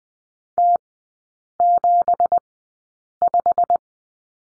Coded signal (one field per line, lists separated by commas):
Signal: Morse code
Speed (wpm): 20 wpm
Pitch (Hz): 700 Hz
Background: none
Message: T75